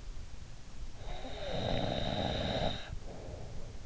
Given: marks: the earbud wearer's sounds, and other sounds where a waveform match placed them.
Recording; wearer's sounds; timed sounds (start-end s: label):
sounds in sleep by an in-ear microphone; snoring breath
0.83-3.83 s: snoring breath